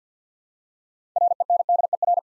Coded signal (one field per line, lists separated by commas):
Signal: Morse code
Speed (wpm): 49 wpm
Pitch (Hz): 700 Hz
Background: none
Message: RENDER